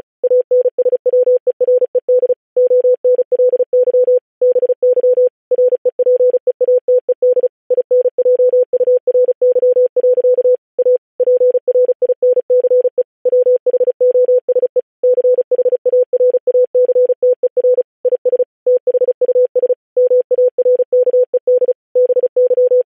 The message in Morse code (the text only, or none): ANSWERED ONLY BY REPEATED INJURY. A PRINCE WHOSE CHARACTER IS THUS MARKED BY